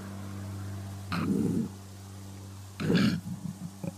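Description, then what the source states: Koala grunting: two deep, rough bursts, over a steady low hum. Described as sounding piggy and intimidating.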